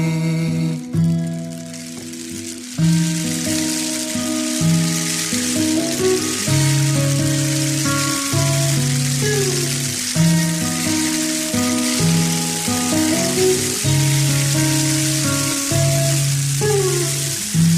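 A steady, even hiss of rain runs throughout, mixed with a slow melodic instrumental line of sustained low notes playing over it.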